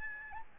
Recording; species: mosquito wingbeat signal from an infrared sensor; Aedes albopictus